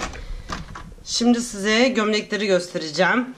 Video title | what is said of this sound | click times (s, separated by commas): Arçelik marka çamaşır kurutma makinasının gömlek programı tanıtımı | tık sesini de duymanız lazım | 0.5 s, 0.8 s